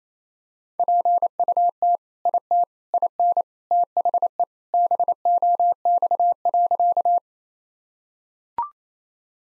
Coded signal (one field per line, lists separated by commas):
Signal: Morse code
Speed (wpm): 28 wpm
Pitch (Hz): 700 Hz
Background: none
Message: PUT IT IN THE BOX.